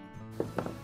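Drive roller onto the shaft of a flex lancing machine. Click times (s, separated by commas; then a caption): 0.6 s. A drive roller is pushed onto the keyed shaft of a StoneAge AutoBox ABX-2L flex lancing machine, detent facing down and key facing up, over a steady low harmonic hum. A short knock at 0.4 s comes before the sharp snap at 0.6 s, when the roller clicks onto the shaft detent and seats. A smaller tap follows at 0.7 s.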